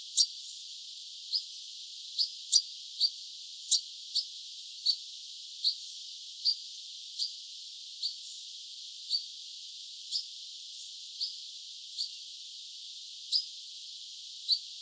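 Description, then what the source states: European pied flycatcher repeating thin, clipped high call notes, unevenly spaced, over soft background noise. Recorded 26 August 2013.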